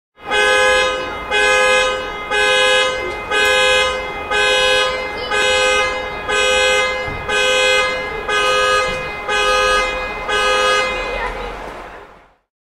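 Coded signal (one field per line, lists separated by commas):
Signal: alarm pattern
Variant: car alarm horn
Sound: a car horn honking repeatedly in even one-second blasts, about ten times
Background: street ambience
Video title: Street Car Alarm Beeping Sound Effect | City Sounds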